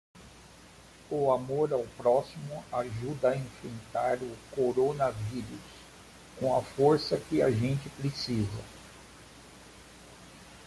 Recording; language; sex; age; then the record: spoken sentence; Brazilian Portuguese; male; 50 to 59 years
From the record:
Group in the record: control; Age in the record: 54 years